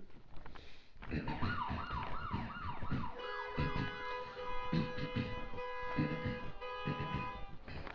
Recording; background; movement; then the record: throat clearing; traffic; walking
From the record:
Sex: male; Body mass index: 23.7 kg/m2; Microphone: on the chest, facing outward